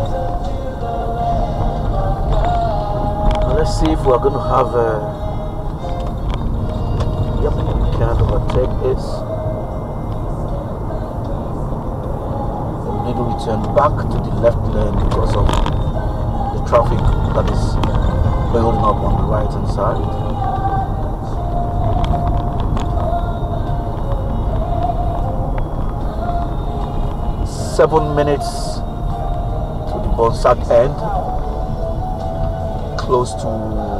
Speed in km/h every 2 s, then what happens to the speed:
42, 40, 47, 53, 55, 58, 58, 60, 56, 55, 55, 53, 48, 42, 39, 34, 26.
2-10 speeds up to 58. 10-21 steady at about 56. 21-34 slows to 26.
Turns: none.